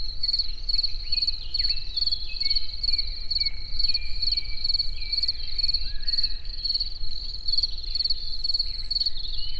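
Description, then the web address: Cricket song, a continuous high pulsed trill in rapid regular bursts, with soft sliding whistles in the background. Recorded in nature towards evening at a tourist house near Eger. "allathangok termeszetben tucsok estefele egerturistahaz"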